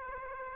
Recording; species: mosquito wingbeat signal from an infrared sensor; Aedes aegypti